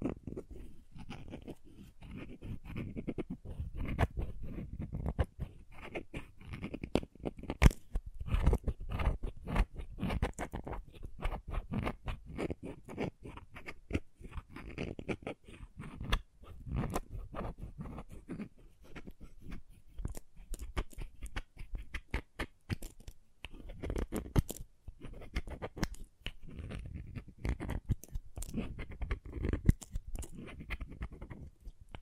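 Crayons tap, scrape and crunch in a dense, irregular run of short clicks and scratches that continues for the whole half minute. The sounds are mostly dull and low, with sharper taps standing out now and then, especially around eight, seventeen and thirty seconds.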